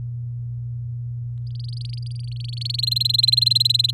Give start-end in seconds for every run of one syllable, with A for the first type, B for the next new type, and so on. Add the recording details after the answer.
1.47-2.81 A, 2.83-3.91 B. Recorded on 7 May 2018 at 19:24. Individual llb16